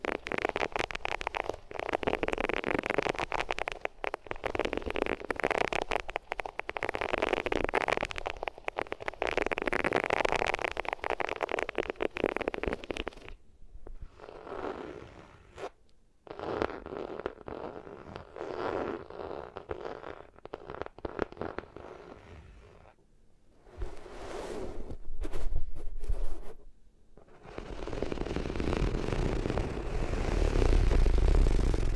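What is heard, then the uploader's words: Loud rubbing and scraping against different materials, dense rustly friction that changes texture several times, with brief quiet gaps between passes. ASMR Sensitive Sleep Inducing Triggers Rubbing Your Ears on Different Materials (No Talking).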